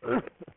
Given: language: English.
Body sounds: throat vibration sensor signal played as sound; cough

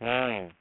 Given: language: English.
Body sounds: throat vibration sensor signal played as sound; speech

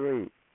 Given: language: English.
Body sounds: throat vibration sensor signal played as sound; speech

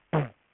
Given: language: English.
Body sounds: throat vibration sensor signal played as sound; throat clearing

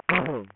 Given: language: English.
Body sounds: throat vibration sensor signal played as sound; throat clearing

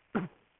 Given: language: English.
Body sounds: throat vibration sensor signal played as sound; cough

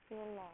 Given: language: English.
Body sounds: throat vibration sensor signal played as sound; speech

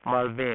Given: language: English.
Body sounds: throat vibration sensor signal played as sound; speech

